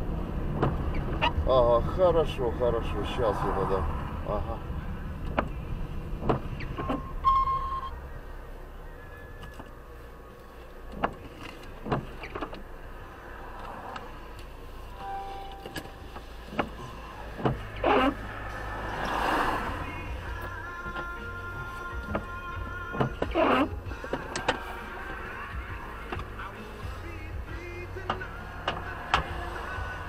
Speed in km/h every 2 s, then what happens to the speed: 29, 23, 15, 6, 0, 1, 0, 1, 0, 0, 0, 0, 0, 0, 0.
0-7 brakes to 0. 7-30 standing.